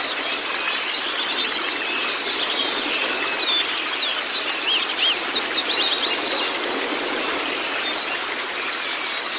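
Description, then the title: Shrill white-eye twittering, many fast chirps and downslurred notes overlapping constantly, busy and unbroken with no gaps. White-eye (pleci kacamata si putih) song, meant to get a silent (bisu) pleci singing constantly (gacor). "mster Mnuk. Terapi Pleci Bisu Menjadi Gacor Abis. Masteran Pleci Kacamata Si Putih"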